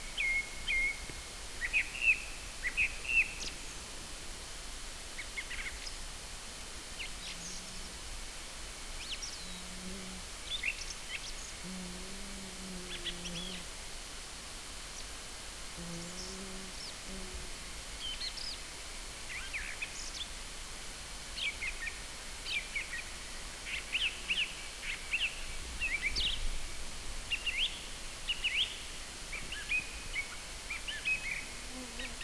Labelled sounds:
Song Thrush song
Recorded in the wild
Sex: male
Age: adult
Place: Halbinsel Kindo, Karelien, RU
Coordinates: 66.5519, 33.025
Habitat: taiga
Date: 1996-06-23
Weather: overcast, ca. 10 °C
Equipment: Sony TCD-D3, Sennheiser MKH 70, Windkorb
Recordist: Frommolt, Karl-Heinz
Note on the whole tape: Südlich des Mastenweges (Mast 44): Gesang

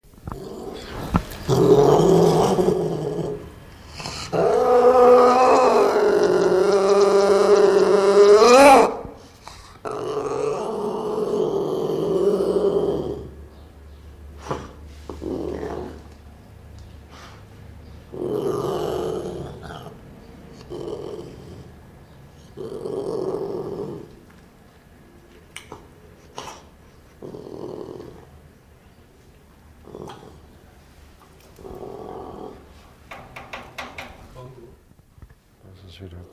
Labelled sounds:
Asian Golden Cat aggressive call
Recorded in captivity
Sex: male
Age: adult
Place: Tierpark Görlitz, Sachsen, DE
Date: 1988-02-24 11:09
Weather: overcast, ca. 0°C
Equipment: Nagra SN
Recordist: Tembrock, Günter
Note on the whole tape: Männchen: Dehnungslaute, beim Fressen gestört (agonistisch)

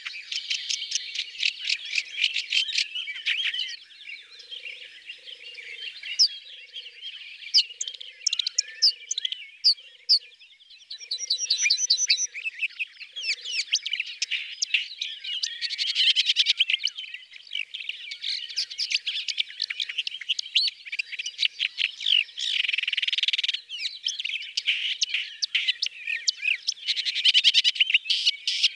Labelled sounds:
Red-backed Shrike song
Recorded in the wild
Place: Merdingen bis Ihringen / Kaiserstuhl, Baden-Württemberg, DE
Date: 1979-05-26
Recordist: Schwarz, Dieter

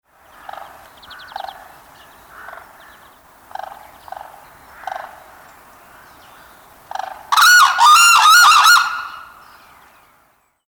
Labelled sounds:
Black-necked Crane
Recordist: Tembrock, Günter
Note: Duett

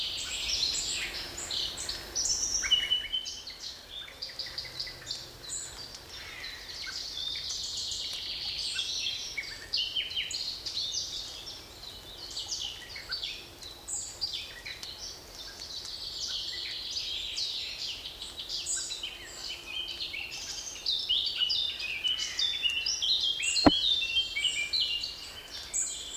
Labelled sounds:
Common Blackbird call
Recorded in the wild
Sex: male
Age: adult
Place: Mühlenbecker Land, OT Summt, Brandenburg, DE
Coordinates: 52.6928, 13.3553
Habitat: spruce thicket
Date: 1988-07-09 15:00
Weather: fair, few clouds, 17-21°C, gusty winds
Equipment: Sony WM-D6C, Kopie Tesla B 116
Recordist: Tembrock, Günter

